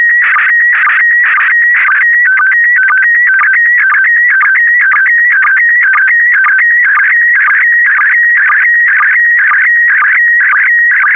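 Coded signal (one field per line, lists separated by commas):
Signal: SSTV (slow-scan television)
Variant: PD120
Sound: continuous warbling whistle shifting pitch, with a short low blip about twice a second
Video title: (11 of 12) ARISS 20 Years - Series 7 July 2017 - Retransmission SSTV PD120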